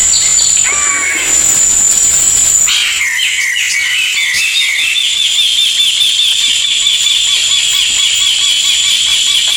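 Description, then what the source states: Bird song: after a steady high whine and hiss, a fast run of repeated short chirping notes continues to the end. Melodious voice.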